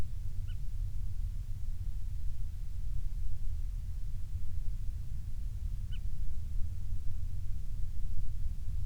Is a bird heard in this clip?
yes